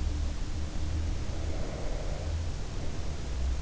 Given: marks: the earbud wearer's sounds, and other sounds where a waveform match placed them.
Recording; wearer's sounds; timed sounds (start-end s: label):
sounds in sleep by an in-ear microphone; breath
0.49-3.15 s: breath